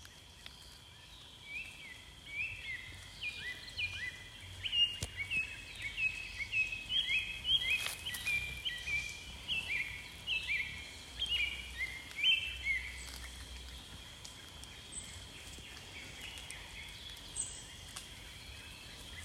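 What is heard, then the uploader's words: Sunrise in Kenya's Kakamega Rainforest: dense chirping birdsong peaks mid-clip over a steady insect hum and low rumble, then thins toward the end. Sunrise at Rondo. Sounds from Kenya's Kakamega Rainforest, on Rondo Reserve.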